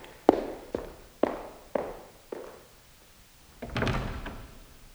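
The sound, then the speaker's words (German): Five evenly spaced footsteps, each a crisp knock fading quickly, then a brief rattling clunk as a door swings shut firmly but without a slam. No voices. “Er hat nicht mal die Tür geknallt.”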